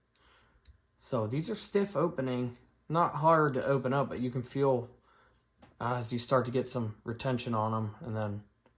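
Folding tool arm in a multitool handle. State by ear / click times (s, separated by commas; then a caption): not seated / none. A folding tool arm in the handle of a Leatherman Curl multitool is swung open, feeling stiff as it starts to gain retention. Someone talks throughout, with faint brief ticks near 0.2 s, 0.7 s and 5.6 s. Nothing has seated or clicked into place yet.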